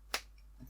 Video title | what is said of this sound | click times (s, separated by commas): Build The Terminator - Issue 95 - Assemble and fix the knee joint | So you keep pushing until you hear the click, just | 0.1 s